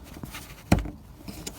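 An auxiliary diesel fuel port fitting on a Ford Transit 3.2 liter Power Stroke turbo diesel is pushed fully into its opening in the fuel tank sender. Its blue locking tabs click into place with a sharp hit at 0.7 s, followed by a few fainter taps. The fitting is seated.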